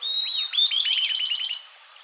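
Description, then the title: Southern beardless tyrannulet: a thin level whistle leads into a rapid series of bright high notes lasting about a second. Subspecies Camptostoma obsoletum olivaceum. "LuckyPassaro Completos2Sama. Southern Beardless Tyrannulet (Camptostoma obsoletum olivaceum)"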